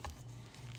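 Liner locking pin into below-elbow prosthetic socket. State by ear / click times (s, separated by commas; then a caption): not seated / none. A liner locking pin is handled against a below-elbow prosthetic socket, with faint rustling and a low steady hum over 0.8 seconds. Nothing has seated or clicked into place yet.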